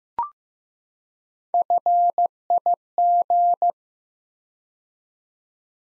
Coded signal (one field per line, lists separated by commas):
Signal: Morse code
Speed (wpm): 15 wpm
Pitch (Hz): 700 Hz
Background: none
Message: FIG